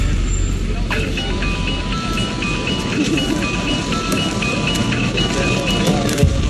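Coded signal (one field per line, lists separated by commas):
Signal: none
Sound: game's phone beeps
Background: speech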